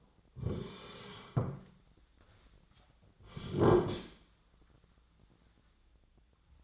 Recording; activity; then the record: daily activity, microphone in the room; sit down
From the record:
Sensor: 3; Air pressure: 1009.2 hPa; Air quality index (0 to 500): 184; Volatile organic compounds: 3 ppm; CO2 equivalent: 1492 ppm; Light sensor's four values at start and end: 36/93/41/42 and 41/104/46/46